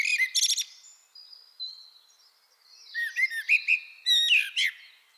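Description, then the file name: Common blackbird song opening with a sharp high burst, then a soft thin whistle, and ending with a run of squeaky notes. "Turdus merula"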